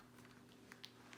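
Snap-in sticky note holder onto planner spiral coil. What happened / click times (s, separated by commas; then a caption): The plastic clip is handled but has not yet snapped onto the coil / none. A plastic snap-in sticky-note holder is handled against the spiral wire coil of a 2020-2021 Erin Condren Teacher Lesson Planner, with quiet rustling and a couple of brief sharp taps near 0.8 and 1.2 seconds. Nothing has seated or clicked into the coil yet.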